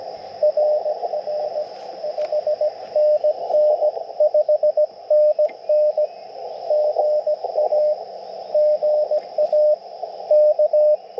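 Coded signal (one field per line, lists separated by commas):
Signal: Morse code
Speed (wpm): 20 wpm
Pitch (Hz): 600 Hz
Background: radio noise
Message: RR 5NN 5NN GA GA K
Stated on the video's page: CW Parks on the Air activation with a Yaesu FT-891 and a Chameleon MPAS Lite antenna.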